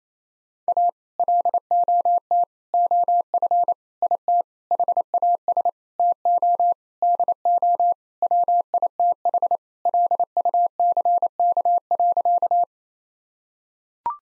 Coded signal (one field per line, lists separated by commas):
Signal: Morse code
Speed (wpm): 28 wpm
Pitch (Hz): 700 Hz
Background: none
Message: A LOT OF IT HAS TO DO WITH LUCK.